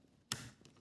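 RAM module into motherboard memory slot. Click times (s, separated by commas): 0.3 s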